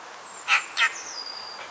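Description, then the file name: Eurasian magpie giving two short harsh notes in quick succession over a thin, high, drawn-out whistle. "Pica pica"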